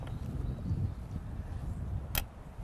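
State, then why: Seated. A spray pipe is pushed into its coupling on a backpack motor sprayer/brush cutter over a low, steady rumble, with faint ticks at the very start. It snaps home with a sharp, loud click at 2.2 s and is now fully seated; when the pipe is not seated, the pin stays up.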